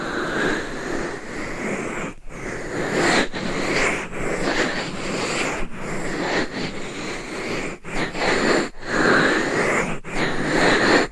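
Scratching and rubbing on a binaural microphone make a dense, rasping noise that runs almost without a break. The sound surges and eases in uneven strokes, cut by brief silent gaps about every second or two, near 2, 3, 4, 6, 8, 9 and 10 seconds.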